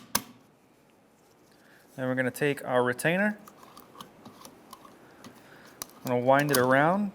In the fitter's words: screw it until it clicks